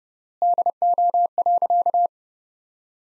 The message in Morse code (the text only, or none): DO.